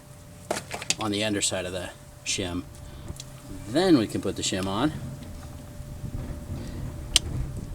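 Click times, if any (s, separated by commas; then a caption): 7.2 s. A greased metal anti-squeal shim is pressed onto the back of a front disc brake pad on a 2000-2006 Toyota Tundra. Someone talks, then a single sharp snap at 7.2 s shows the shim has seated on the pad.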